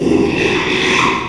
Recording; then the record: squeal of a Yucatan mini pig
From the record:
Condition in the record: after surgery on the right vocal fold (resection and tissue-engineered implant); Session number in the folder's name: 1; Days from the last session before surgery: 6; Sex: male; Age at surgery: 12 weeks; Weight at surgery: 13 kg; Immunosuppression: cyclosporine, prednisolone